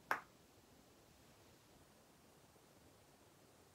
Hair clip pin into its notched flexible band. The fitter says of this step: just push the pin through the Flexi until it locks into place so